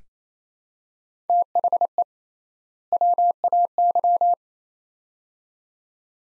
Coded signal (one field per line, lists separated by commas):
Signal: Morse code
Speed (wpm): 28 wpm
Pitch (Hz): 700 Hz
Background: none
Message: THE WAY